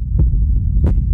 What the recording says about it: It's a heartbeat pounding in your ears.